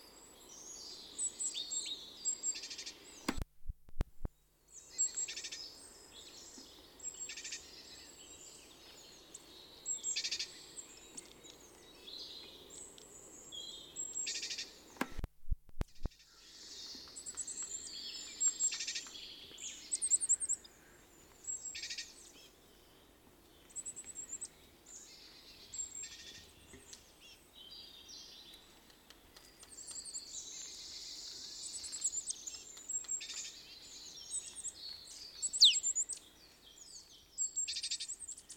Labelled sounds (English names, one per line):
Great Tit call